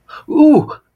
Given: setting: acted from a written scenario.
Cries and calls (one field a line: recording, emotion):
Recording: vocal sound without words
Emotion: pain